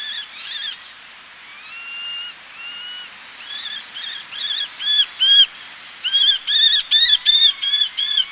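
Eleonora's falcon calls: a few harsh notes, then drawn-out, thin whining calls, then a series of grating kek notes at the end.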